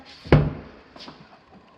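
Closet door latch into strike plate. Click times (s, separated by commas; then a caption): 0.3 s. A stiff closet door that had not been latching is pushed shut again, and its latch finally catches in the strike plate with a sharp click at 0.3 s. A fainter, softer knock follows at about 1.0 s. The latch is seated, though it is difficult to latch.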